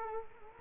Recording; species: mosquito wingbeat signal from an infrared sensor; Culex quinquefasciatus